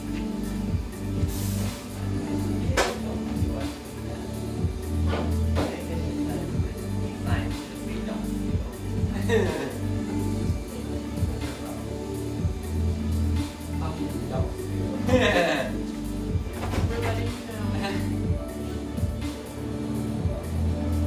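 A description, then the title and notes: Inside a café near Laurelhurst Park in east Portland, conversation and music blend into a dense, steady murmur. A strong low hum and pulsing bass run throughout, with brief clinks and clatters cutting through, most sharply around the fifteen-second mark. Tucked near the lush, wooded Laurelhurst Park in east Portland, this café sports vibrant music and an erudite, professional clientele.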